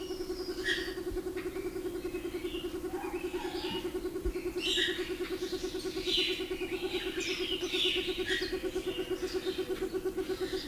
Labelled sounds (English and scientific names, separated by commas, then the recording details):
Cinnamon Ground Dove (Gallicolumba rufigula) call
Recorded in captivity
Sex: male
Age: adult
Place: Zoo Berlin, Berlin, DE
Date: 2001-03-20 12:53
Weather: partly sunny, 0-2°C
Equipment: Nagra SN, Kopie Uher 4000 Report Monitor
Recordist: Tembrock, Günter